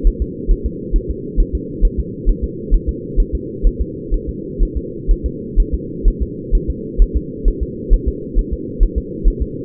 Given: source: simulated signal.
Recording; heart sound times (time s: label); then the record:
fetal heart sounds
0.07 s: S1
0.22 s: S2
0.51 s: S1
0.66 s: S2
0.96 s: S1
1.11 s: S2
1.40 s: S1
1.55 s: S2
1.85 s: S1
2.00 s: S2
2.29 s: S1
2.44 s: S2
2.74 s: S1
2.89 s: S2
3.20 s: S1
3.35 s: S2
3.67 s: S1
3.81 s: S2
4.14 s: S1
4.29 s: S2
4.63 s: S1
4.77 s: S2
5.11 s: S1
5.26 s: S2
5.60 s: S1
5.75 s: S2
6.08 s: S1
6.22 s: S2
6.55 s: S1
6.70 s: S2
7.02 s: S1
7.16 s: S2
7.48 s: S1
7.63 s: S2
7.94 s: S1
8.08 s: S2
8.39 s: S1
8.53 s: S2
8.83 s: S1
8.98 s: S2
9.28 s: S1
9.42 s: S2
From the record:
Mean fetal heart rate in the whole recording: 130 bpm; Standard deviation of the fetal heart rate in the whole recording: 4 bpm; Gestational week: 38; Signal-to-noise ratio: -4.1 dB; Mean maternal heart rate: no maternal heart sound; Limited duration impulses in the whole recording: absent